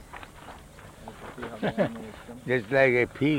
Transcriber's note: chuckles